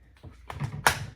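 The second rear wheel of a Bugaboo Donkey 5 Twin stroller is pushed onto the stroller frame's axle. A soft bump at 0.2 s and a rattling knock at 0.5 s come before a sharp, bright click at 0.9 s. The wheel seats, clicking into place.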